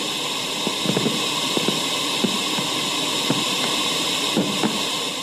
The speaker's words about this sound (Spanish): Como si cayera agua de una cascada.